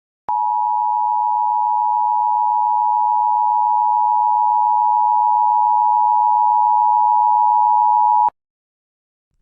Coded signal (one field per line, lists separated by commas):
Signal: Emergency Alert System (SAME) tones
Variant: 853 and 960 Hz attention tone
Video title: Gernoria Attack PT.4 (EAS scenarios PT5)